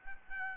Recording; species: mosquito wingbeat signal from an infrared sensor; Aedes albopictus